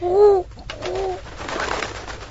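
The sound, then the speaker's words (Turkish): A turtle dove coos twice, soft, low and hollow, the second call shorter, followed by a stretch of rustling, fluttering noise as it flies away. “Bu kumru ne biçim bir hükümdar ki derdimize çare bulamadan uçup gitti.”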